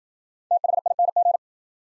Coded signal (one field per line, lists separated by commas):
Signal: Morse code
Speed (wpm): 53 wpm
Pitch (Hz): 700 Hz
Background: none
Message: THING